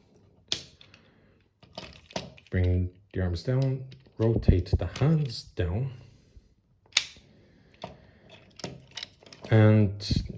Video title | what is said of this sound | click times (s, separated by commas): Studio series 86 Long Haul | And that will just soft click into place. | 0.5 s